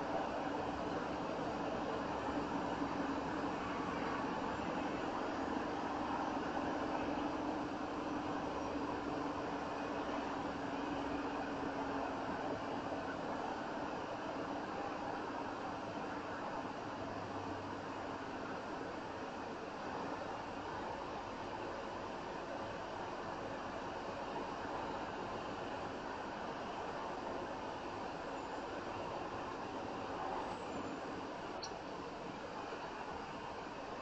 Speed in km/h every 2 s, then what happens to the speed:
45, 45, 47, 47, 47, 45, 40, 37, 35, 32, 32, 32, 32, 31, 32, 31, 24.
0-10 steady at about 45. 10-17 slows to 32. 17-29 steady at about 32. 29-34 slows to 24.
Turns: none.